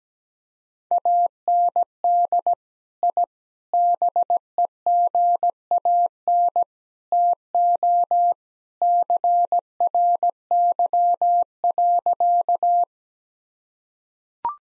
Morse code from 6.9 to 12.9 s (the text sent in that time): TO CRY.